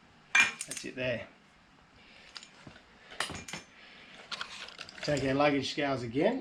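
A torque wrench set to its lowest setting of 5 ft-lb tightens the wheel hub bearing lock nut on an FJ40 until it clicks at 0.4 s, a sharp metallic hit. Further metallic taps and clinks follow around 2.4 s, 3.2 s and 4.4 to 4.8 s, and someone talks, with the wrench having clicked at its setting.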